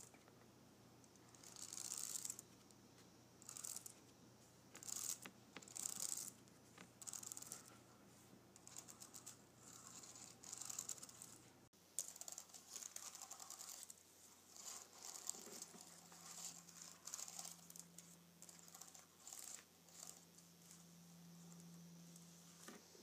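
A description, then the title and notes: Fingernails scrape and tap across a keyboard in quick, uneven bursts of bright, scratchy clicks that come and go throughout. Around the midpoint the sound cuts abruptly, then resumes with a low steady hum underneath the continuing scratches. Nails Grazing Across my Keyboard.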